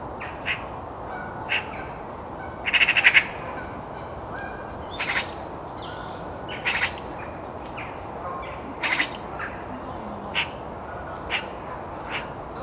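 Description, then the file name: Eurasian magpie giving one loud rattling chatter among scattered short harsh notes. "Pica pica"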